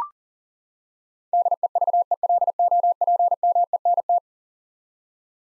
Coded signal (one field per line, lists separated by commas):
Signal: Morse code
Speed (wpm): 40 wpm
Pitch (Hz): 700 Hz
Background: none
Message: DEVELOPMENT